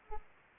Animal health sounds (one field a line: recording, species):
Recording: mosquito wingbeat signal from an infrared sensor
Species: Aedes aegypti